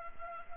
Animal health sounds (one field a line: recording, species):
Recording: mosquito wingbeat signal from an infrared sensor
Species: Culex pipiens